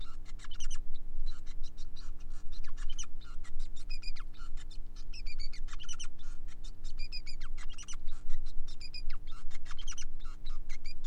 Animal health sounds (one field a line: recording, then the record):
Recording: song of a male Bengalese finch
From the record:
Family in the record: son of father 5